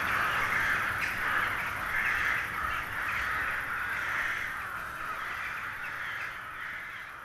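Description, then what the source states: Carrion crows calling en masse, a dense continuous chorus of harsh overlapping caws that swells and fades slightly over the seconds. Hundreds of crows settling to roost for the night in a poplar wood at Neuflize, in winter at nightfall.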